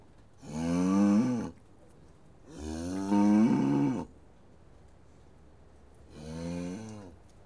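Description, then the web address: Cattle mooing: three long, deep harmonic moos, each swelling and bending in pitch, with quiet pauses between. Cows mooing; livestock. "The BBC Sound Effects Library. Cows Mooing"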